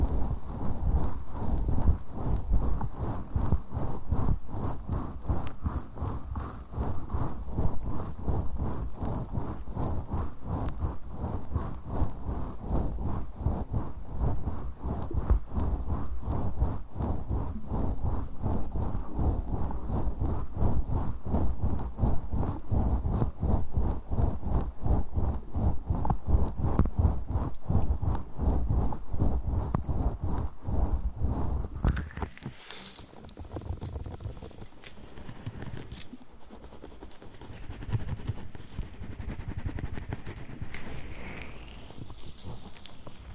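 Dense ear massage with rapid crackling taps for about thirty seconds, then softer rubbing and swishing sweeps with a faint high whine.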